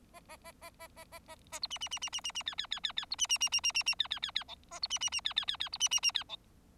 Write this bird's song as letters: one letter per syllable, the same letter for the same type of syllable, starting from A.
A A A A A A A A A B C C C C C C C D D D D D B C C C C C C C D D D D E A B C C C D D D D B C C C D E